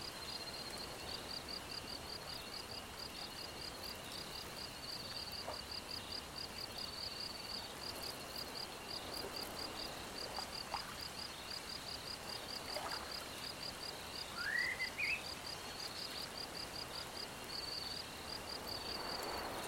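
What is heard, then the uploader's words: Spring peepers sing from a distance in a steady, dense chorus of high, rapid pulsing peeps that never lets up. Soft, low lapping of water sits underneath, and a single short rising bird call cuts in just before the fifteen-second mark. Wetlands & Spring Peepers. Spring peepers sing in the distance. The water laps against the shore.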